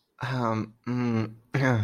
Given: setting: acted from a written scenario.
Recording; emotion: vocal sound without words; embarrassment